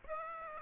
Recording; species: mosquito wingbeat signal from an infrared sensor; Aedes aegypti